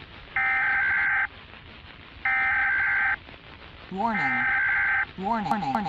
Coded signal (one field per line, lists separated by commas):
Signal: Emergency Alert System (SAME) tones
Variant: header bursts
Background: speech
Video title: Zombie Virus Outbreak | EAS Scenario – Analog Horror